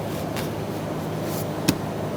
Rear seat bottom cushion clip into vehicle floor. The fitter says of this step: you'll hear the click